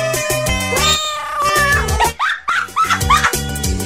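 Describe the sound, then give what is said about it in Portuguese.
A cat meow sound effect, a quick string of several short, high-pitched meows with rising and falling pitch, heard over loud, steady rhythmic music. “Olha o Miau! É Miau!”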